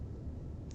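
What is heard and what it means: A RAM module is pushed fairly hard into a motherboard DIMM slot, expected to give a click like a pen as its two clips close. Only a steady low rumble is heard, with a brief faint high burst near the end at 0.7 s. Nothing has seated or clicked yet, and the module is still not in.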